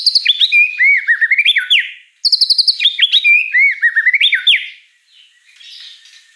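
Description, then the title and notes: White-rumped shama song: two loud bursts of looping, swooping whistles and quick high notes, followed by quiet faint chatter. Lure song (pancingan) of a prolific, chatty (gacor) bird with a rich repertoire of fill-in phrases (isian mewah). "Pancingan Gacor Murai Batu Bongkar Isian Mewah. Audio Murai Batu Dongfeng"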